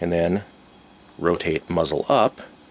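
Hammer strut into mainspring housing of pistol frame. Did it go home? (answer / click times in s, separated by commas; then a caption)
no / none. Someone talks while a Ruger 22/45 semiautomatic pistol frame is handled and rotated muzzle up, with its mainspring housing swung into the frame. The steel hammer strut has not yet dropped rearward against the mainspring housing. Nothing has seated or clicked yet.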